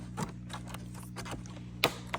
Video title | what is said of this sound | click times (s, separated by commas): November 19, 2025 | And it'll pop | 1.8 s